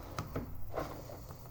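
A plastic cape piece is handled while being fitted onto a Kotobukiya Star Wars Mara Jade Bishoujo collectible statue, with brief sharp taps near 0.2 s and 0.4 s and a softer rustle of handling around 0.8 s. The cape has not snapped into place yet; nothing has seated or clicked by the end of the clip.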